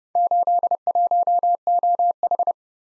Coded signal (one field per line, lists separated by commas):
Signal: Morse code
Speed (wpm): 28 wpm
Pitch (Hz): 700 Hz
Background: none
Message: 81OH